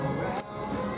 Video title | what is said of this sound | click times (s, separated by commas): 2013 MKX TUNEUP (for beginners) / ABS PUMP R&R PT. 1 | this one I already like down but I heard it clicks so I wanted to point that out | 0.4 s